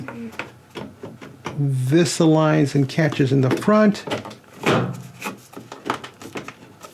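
The top lid of a Samsung front-load washer is lined up on the cabinet so its three tabs catch at the front, while someone talks. Light taps and rubbing sounds come near the start and again from about 5.7 to 6.5 seconds. The lid has not been pressed down yet, and nothing has seated or clicked.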